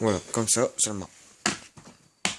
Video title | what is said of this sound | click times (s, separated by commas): Hk g36cv airsoft | petit clic. Pliable. | 2.2 s